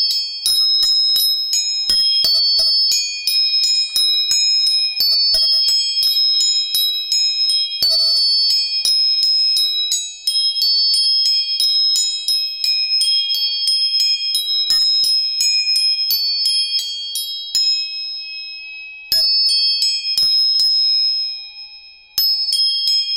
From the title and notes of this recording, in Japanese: 音叉チューニング全体性。